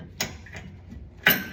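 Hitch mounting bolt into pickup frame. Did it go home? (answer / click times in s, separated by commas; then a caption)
yes / 1.3 s. During a trailer hitch receiver install on a 2013 Ford F-150 XL, the metal hitch mounting bolt is worked into the pickup's frame after the jack is lowered a little. A lighter tap sounds at 0.2 s, then the bolt pops into place with a sharp, bright click at 1.3 s and is confirmed seated.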